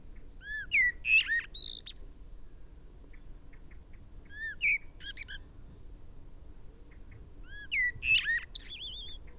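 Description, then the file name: Common blackbird singing: mellow fluted phrases followed by thin high twitters, given about every three to four seconds, with quiet background hiss. "Turdus merula"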